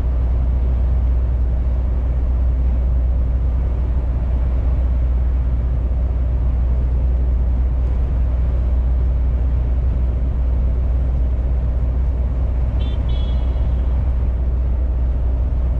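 A truck engine drones steadily throughout, with a heavy low rumble under a constant rushing noise that never rises or falls. Around the thirteen-second mark a short, higher-pitched tone sounds briefly over the drone, like a squeal or a small horn.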